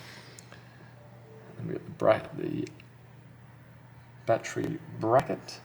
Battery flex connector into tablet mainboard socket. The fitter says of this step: And it should make a click sound when it's in position.